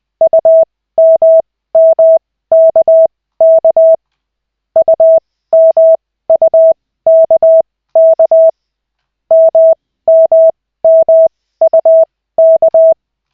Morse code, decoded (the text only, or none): UMMKK UMUKK MMMUK